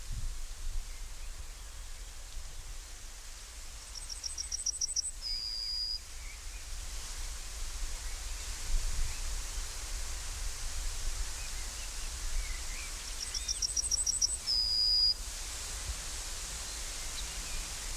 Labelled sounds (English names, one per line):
Yellowhammer song